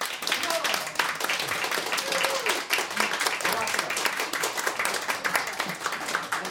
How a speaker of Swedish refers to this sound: en stor applåd.